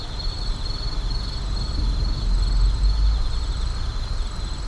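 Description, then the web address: Insects calling at night, a steady high pulsing band over a constant low rumble. Numerous insects at night in an urban park. "Urban park night insects numerous. boom library Urban and Suburban"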